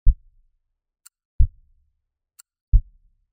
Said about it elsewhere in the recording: It's possible to hear a click when you're auscultating the heart sounds in a patient with a mechanical valve. A metallic click replaces S1, or the first heart sound, for a metallic mitral valve.